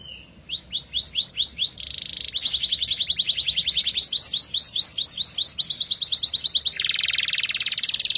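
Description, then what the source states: Atlantic canary song: loud rapid trills of repeated sweeping notes, switching to fast buzzy rolls at different pitches, delivered without a break. F1 canary; therapy recording to prompt a canary that has stopped singing (Indonesian: kenari macet).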